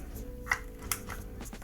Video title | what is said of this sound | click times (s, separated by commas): This Anker Charger Has a Built-In FAN?! - Anker Prime + Nano 45W Unboxing & Review | A little click, let you know it's in there. | 0.9 s